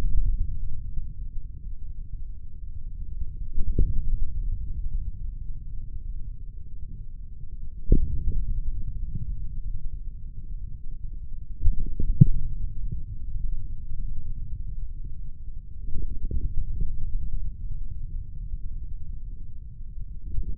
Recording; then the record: forearm muscle sounds (acoustic myography)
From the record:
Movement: hand opening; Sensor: system 3, bracelet of six PUI Audio POM-2738L microphones around the upper forearm, with dedicated amplification and filtering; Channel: 1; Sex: male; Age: 55 years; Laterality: right